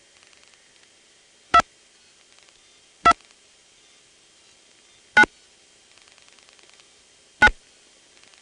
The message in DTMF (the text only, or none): 2 2 9 9